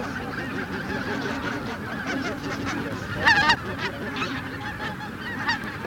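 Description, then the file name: Greater white-fronted goose flock calling continuously, a dense wash of cackling honks with a brighter, louder burst of yelps partway through. White-fronted goose flock chorus ('bazaar'), for an electronic hunting caller. "Белолобый базар"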